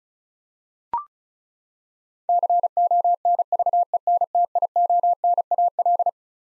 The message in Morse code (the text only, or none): CONVENTIONAL